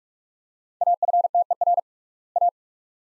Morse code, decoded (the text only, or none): AFTER A